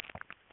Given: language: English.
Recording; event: throat vibration sensor signal played as sound; swallow